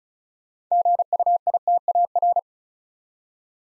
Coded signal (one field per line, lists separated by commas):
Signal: Morse code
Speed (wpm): 36 wpm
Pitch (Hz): 700 Hz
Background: none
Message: GUITAR